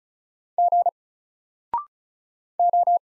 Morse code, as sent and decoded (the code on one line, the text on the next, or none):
--. / ---
G O